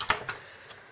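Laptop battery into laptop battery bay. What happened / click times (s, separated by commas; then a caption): The battery pack clicked into its bay / 0.1 s. A replacement laptop battery is pushed into the laptop's battery bay and seats with a sharp click at 0.1 s, followed by a softer knock at about 0.3 s. The battery clicks into place.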